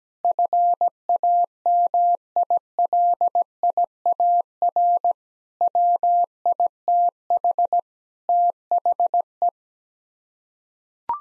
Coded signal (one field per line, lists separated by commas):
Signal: Morse code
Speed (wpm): 17 wpm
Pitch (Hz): 700 Hz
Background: none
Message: FAMILIAR WITH THE